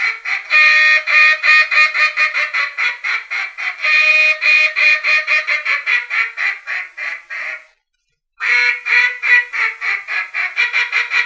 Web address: Duck -Mallard